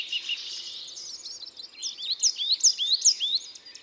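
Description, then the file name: Coal tit song: a bright, high two-part phrase repeated rapidly a few times, following busy twittering. "Mesange noire ABC des chants doiseaux"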